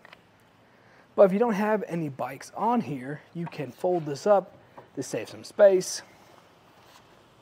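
An empty Kuat Piston Pro X two-bike hitch rack on a 2022 Nissan Rogue has its arms folded up toward the upright stowed position while someone talks, with two faint brief ticks at 0.0 and 0.1 s. Nothing has seated or clicked into place yet.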